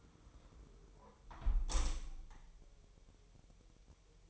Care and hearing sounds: daily activity, microphone in the room; close window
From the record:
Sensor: 1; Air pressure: 999.8 hPa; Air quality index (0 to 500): 236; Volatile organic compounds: 105 ppm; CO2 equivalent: 3785 ppm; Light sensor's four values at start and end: 11/27/10/11 and 10/26/10/11

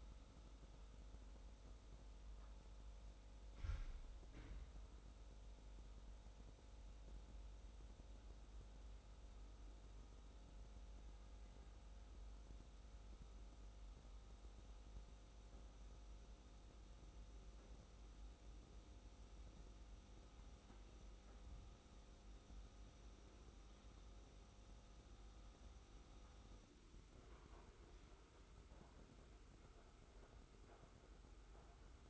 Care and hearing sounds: daily activity, microphone in the room; make coffee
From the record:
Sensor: 3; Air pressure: 990.8 hPa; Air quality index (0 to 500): 152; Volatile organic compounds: 530 ppm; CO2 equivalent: 4858 ppm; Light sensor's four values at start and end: 37/88/36/33 and 37/87/35/33

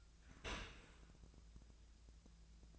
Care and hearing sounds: daily activity, microphone in the room; open dishwasher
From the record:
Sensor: 2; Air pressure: 1000.4 hPa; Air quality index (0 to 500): 166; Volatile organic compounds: 3 ppm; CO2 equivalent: 1375 ppm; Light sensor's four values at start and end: 11/31/12/14 and 11/31/12/14

